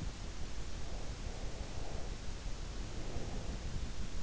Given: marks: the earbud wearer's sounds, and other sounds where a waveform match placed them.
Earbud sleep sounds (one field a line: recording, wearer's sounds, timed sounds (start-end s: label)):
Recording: sounds in sleep by an in-ear microphone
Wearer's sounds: breath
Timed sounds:
0.61-3.89 s: breath